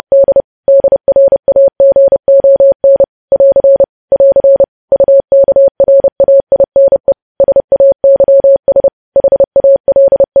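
Morse code is sent as a single steady mid-pitched beep, keyed on and off in short dots and longer dashes. The keying is quick and fairly even, with brief gaps between letters and slightly longer pauses every second or so. Nothing else sounds behind it.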